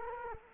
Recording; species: mosquito wingbeat signal from an infrared sensor; Culex quinquefasciatus